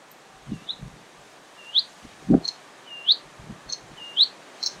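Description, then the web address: Bluethroat song: short upslurred whistled notes repeated about once a second, with soft low thuds underneath and faint background hiss. Recorded on 25 May 2025. "fagelljud 20250525 blahake"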